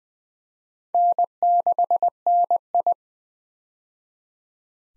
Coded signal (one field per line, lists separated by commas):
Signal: Morse code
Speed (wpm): 20 wpm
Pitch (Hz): 700 Hz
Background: none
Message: N6NI